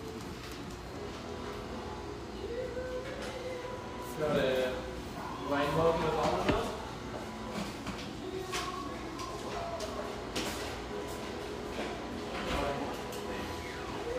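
Coffeehouse sounds with murmured voices over a steady low hum, brief clatter and clicks, and a louder burst of talk around four to seven seconds.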